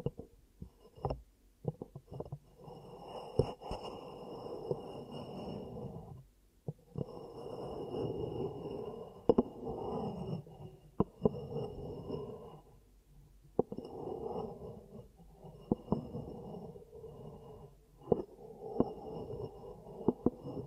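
Ear cupping triggers: muffled, hollow rustling swells in low, dull bursts lasting a few seconds, broken by brief silent gaps near 6, 12.5 and 18 seconds. Sharp clicks and taps punctuate throughout, with a faint thin whine sitting steadily above.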